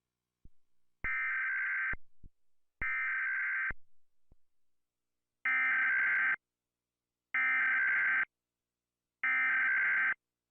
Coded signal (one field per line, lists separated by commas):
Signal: Emergency Alert System (SAME) tones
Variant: header bursts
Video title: Rating EAS alarms PT. 1